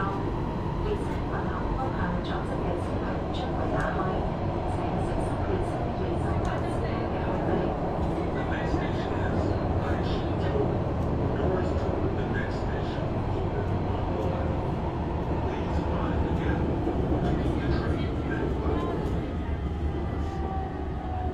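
Inside a Shenzhen metro car, a steady low rumble and roar of the train and its cooling fill the whole clip at an even level. Murmured voices and scattered small clicks and rattles surface throughout, with faint tonal whines drifting in and out.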